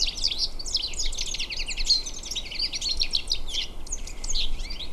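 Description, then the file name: European goldfinch twittering, a continuous stream of quick, high, tinkling and buzzy notes throughout, over a steady low rumble. "Carduelis carduelis"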